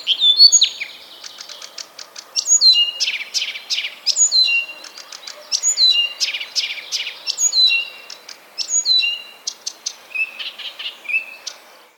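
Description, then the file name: Blyth's reed warbler singing a varied, high warbling song of sharp ticks, clear slurred whistles and chattering phrases, delivered in quick bursts with short pauses. "kamyshovka sadovaja"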